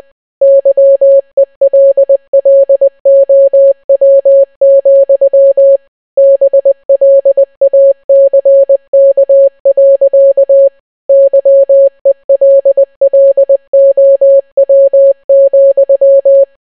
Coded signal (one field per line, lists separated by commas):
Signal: Morse code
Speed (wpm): 20 wpm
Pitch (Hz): 550 Hz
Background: none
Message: YELLOW, BLACK. YELLOW,